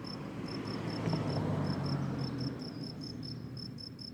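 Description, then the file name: Cricket song, bright high chirps repeated a few times each second, with a low droning hum beneath. "grillon"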